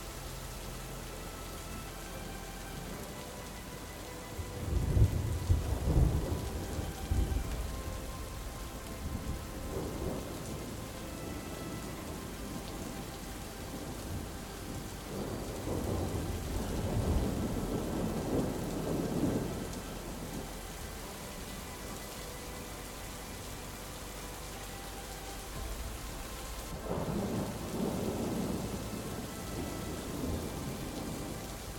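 Thunder rolls over a steady hiss of rain, with a sharp low crack around five seconds, longer rumbling swells near ten and fifteen to twenty seconds, and another near twenty-seven. A soft sustained musical tone lies faintly underneath throughout.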